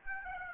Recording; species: mosquito wingbeat signal from an infrared sensor; Aedes aegypti